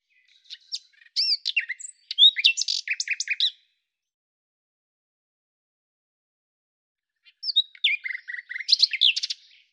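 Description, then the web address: Common nightingale singing two complex phrases several seconds apart, each a dense mix of sharp chirps, fast trills and whistled notes, with silence between. Cleaned, normalized recording. "Deverinetal 2025"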